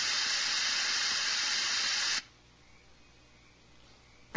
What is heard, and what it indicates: Violet noise. Identified frequencies and waveforms that these people with tinnitus have to try to exist with.